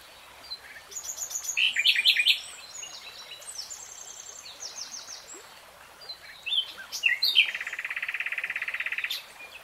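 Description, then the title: Nightingale singing varied phrases of chirps and whistles, then a fast even trill of repeated notes. Nightingale singing in real time. "[Tiếng chim hót] 3 Hours REALTIME Nightingale Singing"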